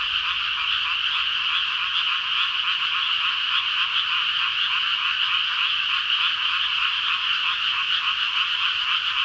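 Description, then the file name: A mass of frogs croaking at once, fast overlapping pulses forming a continuous high-pitched trilling wall of sound. "ENV frog 200705"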